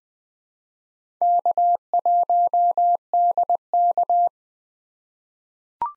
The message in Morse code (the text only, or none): K1DK